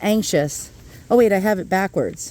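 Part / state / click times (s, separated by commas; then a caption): metal detector coil cable plug into control box socket / not seated / none. Someone talks while handling the coil cable plug of a Dr. Otek MT-XE metal detector, which they had backwards, at the socket on the detector's control box, where its small tabs push in. Only speech is heard, with no handling noise standing out. Nothing has seated or clicked yet.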